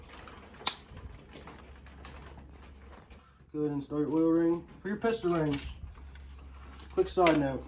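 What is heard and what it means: A second wire wrist pin circlip is walked into the piston pin bore groove of a 2006-2014 Honda TRX450R engine during a rebuild, with its gap placed opposite the bore opening. A sharp metallic click at 0.7 s marks the circlip snapping home, seated, followed by a few faint scrapes and taps. Someone then talks.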